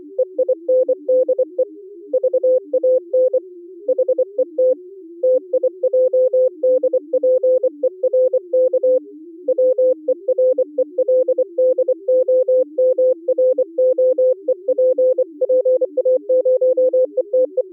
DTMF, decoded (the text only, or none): none